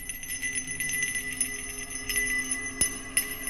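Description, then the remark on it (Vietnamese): A small hand bell shaken again and again by a woman walking around a ritual altar, giving bright, high, overlapping rings with a few sharper strikes at irregular intervals. It sits at a moderate level with no talking. “Bà cắm nhang rồi cầm cái chuông, bà đi quanh đàn tràng ấy, vừa lẩm nhẩm khấn vừa lắc chuông leng ca leng keng.”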